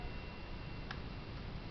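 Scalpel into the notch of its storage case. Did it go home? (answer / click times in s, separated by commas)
no / none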